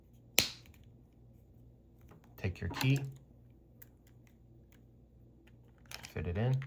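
After the battery in a Land Rover / Range Rover car key fob is replaced and the parts are lined up, the plastic battery cover is pressed back on by hand, without tools, and snaps shut with a sharp click at 0.4 s. Faint ticks follow, and later someone talks. The cover is seated.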